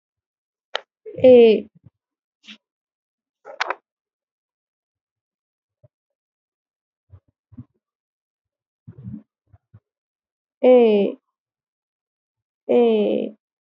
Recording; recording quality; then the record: sustained vowel as in made; excellent, no background noise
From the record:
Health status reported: healthy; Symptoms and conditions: none ticked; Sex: female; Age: 24 years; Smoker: not ticked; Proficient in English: yes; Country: India